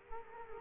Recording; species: mosquito wingbeat signal from an infrared sensor; Culex quinquefasciatus